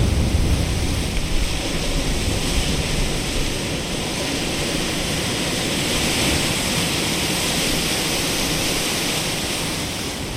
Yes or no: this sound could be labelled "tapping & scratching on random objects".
no